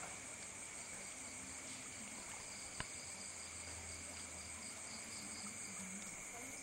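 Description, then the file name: Insects in a steady nighttime chorus, a high continuous shrill ringing plus a lower sustained whine, unbroken throughout, with a soft click near the middle. Recorded at night in Ubud. "Bruits-deau-et-dinsectes-dans-la-nuit-d Ubud"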